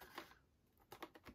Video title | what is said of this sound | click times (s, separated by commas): Star Wars Micro Galaxy Squadron Ahsoka Tano's T-6 Shuttle Toy Unboxing and Review | And it didn't clip in the way I was expecting. I was expecting it to kind of click in place, which it didn't. | 0.2 s